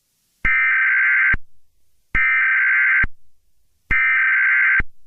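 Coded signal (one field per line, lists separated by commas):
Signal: Emergency Alert System (SAME) tones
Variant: header bursts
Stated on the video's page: Fictional EAS scenario mock.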